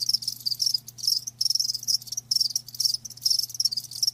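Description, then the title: Cricket chirps come as rapid high trills in short bursts separated by small gaps, a low constant hum running underneath. Live crickets chirping; a lulling song. "Live Crickets Chirping"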